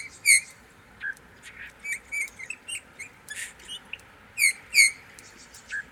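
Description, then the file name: Eurasian bullfinch calls: short, soft whistled piping notes, one early and a pair near the end, with fainter calls in between. "Pyrrhula pyrrhula"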